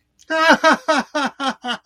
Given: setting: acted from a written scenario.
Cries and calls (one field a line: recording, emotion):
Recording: vocal sound without words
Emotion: amusement